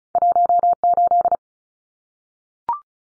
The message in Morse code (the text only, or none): 18